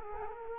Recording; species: mosquito wingbeat signal from an infrared sensor; Culex quinquefasciatus